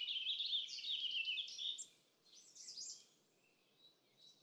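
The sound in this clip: Magnolia warbler singing a quick, high warbled phrase, then a second fainter phrase, over a low steady background hum.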